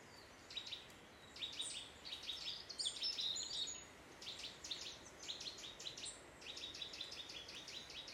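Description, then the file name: Eurasian nuthatch calls: rapid bursts of short, high, clipped notes repeated in quick runs throughout, with a hiss of background noise. "Sitta europaea"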